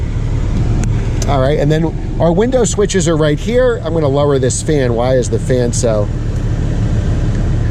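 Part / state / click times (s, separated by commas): convertible soft top front latch into windshield frame / seated / 0.8 s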